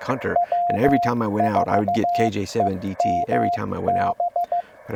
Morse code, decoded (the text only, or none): W4EMB